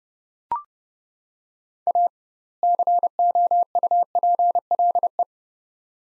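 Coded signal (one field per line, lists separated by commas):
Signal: Morse code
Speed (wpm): 30 wpm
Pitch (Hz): 700 Hz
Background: none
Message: A COUPLE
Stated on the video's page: Practice drill of two-word sets at 30 wpm with doubled word spacing, a Farnsworth-like method applied to words.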